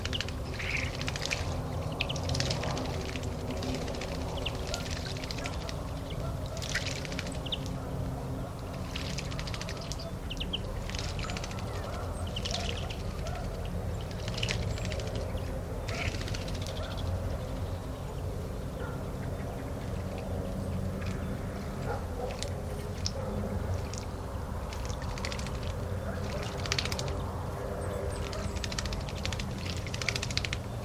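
Outdoor ambience in a natural area of central Portugal, with a steady low rumble of wind filling the background throughout. Brief bright bird calls and chirps come frequently and irregularly over a constant, even level.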